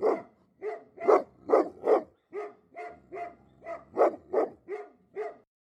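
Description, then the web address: Dog barking: gruff barks repeated steadily, many in a few seconds, with short pauses between them and no other sounds. Big dog barking. "Sound Effects-Lynne Music 2 Big-Dog-Barking"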